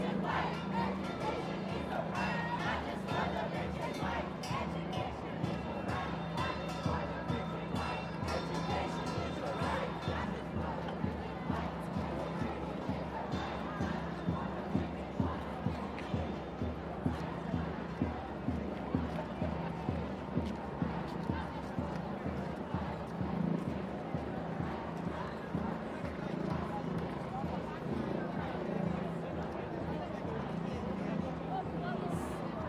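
A women's march crowd mills outdoors with steady, dense overlapping voices and chatter, punctuated by frequent sharp claps or footsteps throughout.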